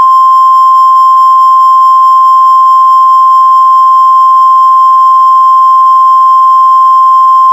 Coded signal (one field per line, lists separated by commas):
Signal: Emergency Alert System (SAME) tones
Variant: 1050 Hz attention tone